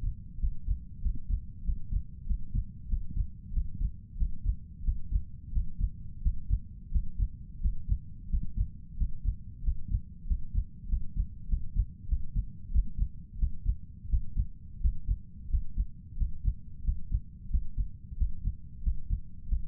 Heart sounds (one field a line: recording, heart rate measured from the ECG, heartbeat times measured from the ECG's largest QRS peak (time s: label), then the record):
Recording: heart sounds by stethoscope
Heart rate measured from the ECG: 91 bpm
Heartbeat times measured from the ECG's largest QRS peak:
0.38 s: heartbeat
1.01 s: heartbeat
1.63 s: heartbeat
2.25 s: heartbeat
2.88 s: heartbeat
3.52 s: heartbeat
4.17 s: heartbeat
4.83 s: heartbeat
5.51 s: heartbeat
6.21 s: heartbeat
6.90 s: heartbeat
7.60 s: heartbeat
8.29 s: heartbeat
8.96 s: heartbeat
9.63 s: heartbeat
10.26 s: heartbeat
10.88 s: heartbeat
11.48 s: heartbeat
12.08 s: heartbeat
12.71 s: heartbeat
13.38 s: heartbeat
14.08 s: heartbeat
14.80 s: heartbeat
15.49 s: heartbeat
16.16 s: heartbeat
16.83 s: heartbeat
17.49 s: heartbeat
18.16 s: heartbeat
18.82 s: heartbeat
19.47 s: heartbeat
From the record:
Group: healthy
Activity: Valsalva maneuver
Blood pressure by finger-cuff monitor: 129/71 mmHg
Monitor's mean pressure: 83 mmHg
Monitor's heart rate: 90 bpm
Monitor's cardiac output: 7.6 L/min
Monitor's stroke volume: 85 mL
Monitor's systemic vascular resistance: 810 dyn s/cm5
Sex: male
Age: 23 years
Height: 179 cm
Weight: 87 kg